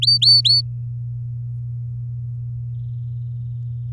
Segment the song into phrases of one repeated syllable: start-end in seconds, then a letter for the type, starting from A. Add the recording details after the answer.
0.02-0.61 A. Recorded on 10 May 2018 at 06:22. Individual llb16